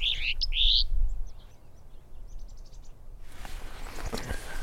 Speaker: The house finches are singing their spring song, which is quite different from just the little chirping they do in the winter.